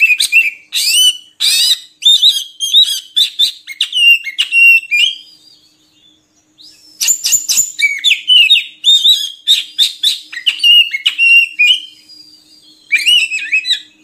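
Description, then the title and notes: Oriental magpie-robin singing a long run of loud whistled notes, rising and falling slurs mixed with harsh clicks, pausing briefly midway before resuming. Song for training birds to sing actively day and night. "Kacer Jadi Gacor Siang Malam. Isian Kacer Durasi Panjang"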